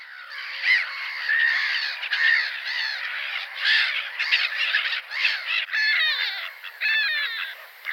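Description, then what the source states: Black-headed gulls giving harsh, screaming calls, many overlapping in a constant noisy chorus with brief louder bursts throughout. Harsh screaming call, given tirelessly.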